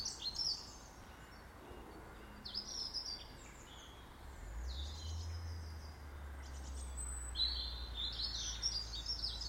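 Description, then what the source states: Bird song: bright chirping bursts come and go, with a low rumble rising beneath the birds halfway through. Birds in a garden.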